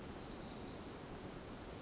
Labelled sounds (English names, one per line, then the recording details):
Pacific Wren
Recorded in Sonoma County, California